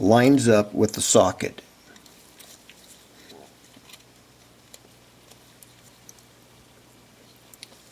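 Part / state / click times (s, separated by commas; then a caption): main board connector into board socket / not seated / none. Someone talks briefly while the main board of a Panasonic Lumix ZS19/ZS20 compact camera is positioned so its electrical connector lines up with the board socket, ready to be pushed on. The rest is quiet handling with a few faint, sharp ticks. Nothing has seated or clicked yet.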